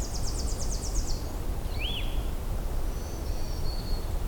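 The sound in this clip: Tennessee warbler song: a quick run of high, dry chipping notes, followed by a separate slurred note and faint high thin notes, over steady low background noise.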